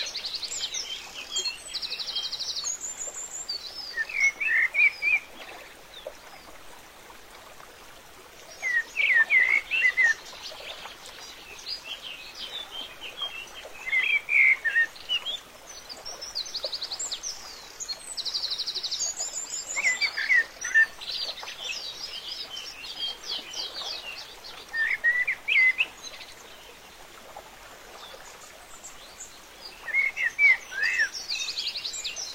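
A small river by a village murmurs steadily while birds sing bright, chattering phrases that return every five or six seconds.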